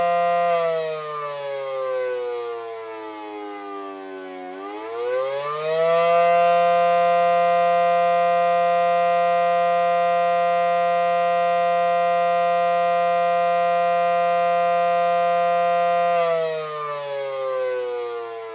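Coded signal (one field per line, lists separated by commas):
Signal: siren signal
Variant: Federal Signal SD10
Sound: mechanical siren winding down, rising to a long steady howl, then winding down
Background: outdoor ambience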